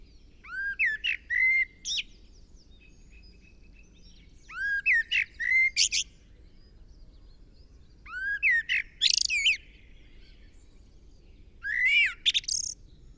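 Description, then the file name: Common blackbird song: four separate phrases, each opening with rising whistled notes and ending in a high squeaky twitter, spaced about four seconds apart. "Turdus merula"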